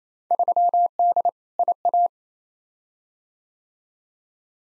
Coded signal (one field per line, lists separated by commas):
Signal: Morse code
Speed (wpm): 28 wpm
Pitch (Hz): 700 Hz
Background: none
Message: 3D IA